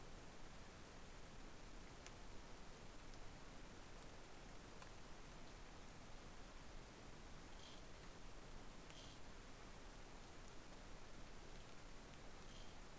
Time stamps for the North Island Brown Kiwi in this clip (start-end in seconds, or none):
none